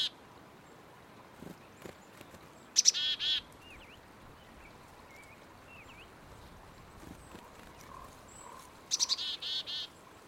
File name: Blackcapped